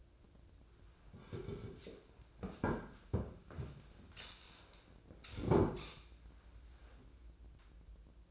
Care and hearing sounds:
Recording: daily activity, microphone in the room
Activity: sit down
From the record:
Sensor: 2

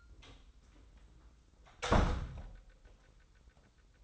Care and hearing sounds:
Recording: daily activity, microphone in the room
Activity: close door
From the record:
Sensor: 3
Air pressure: 990.4 hPa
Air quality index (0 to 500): 173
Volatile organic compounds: 1000 ppm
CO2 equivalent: 5602 ppm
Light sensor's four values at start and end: 48/113/46/44 and 48/114/46/44

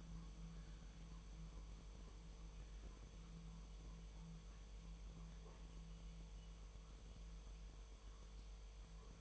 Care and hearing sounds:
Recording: daily activity, microphone in the room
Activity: make coffee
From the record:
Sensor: 1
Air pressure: 1002.0 hPa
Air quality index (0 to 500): 242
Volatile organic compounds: 47 ppm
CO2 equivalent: 3256 ppm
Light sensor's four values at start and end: 8/28/10/11 and 8/28/10/11

